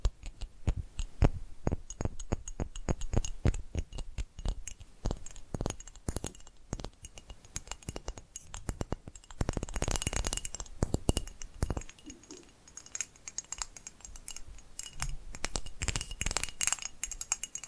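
Rapid tapping in quick irregular bursts, each tap a sharp bright click, sometimes clustered densely and sometimes spaced out. Around ten to twelve seconds the taps run together into a thicker scratchy patch, then sparse taps continue. A faint steady high tone sits underneath.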